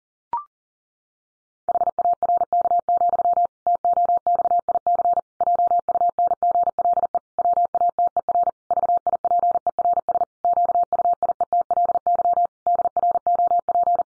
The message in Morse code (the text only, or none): HARK, TOXIC JUNGLE WATER VIPERS QUIETLY DROP